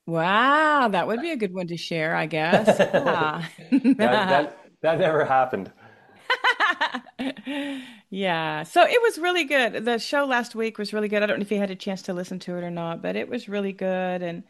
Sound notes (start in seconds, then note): 2.4 laughs; 6.2 laughs